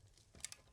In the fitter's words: and then until it clicks and then we are at 175 Newton meters.